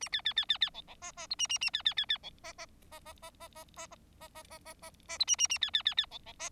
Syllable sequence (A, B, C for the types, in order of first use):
A B B B B B C C D D E A A A B B B B C D D D D D D D D D D D D D D D E A A A B B B B C C D